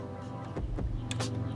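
A torque wrench set to 18.5 tightens the oil drain plug on a diesel truck over a steady low hum, with soft thuds at about 0.6 and 0.8 s. A sharp click at 1.1 s, followed by a brief rattle, shows the wrench reached its setting almost immediately.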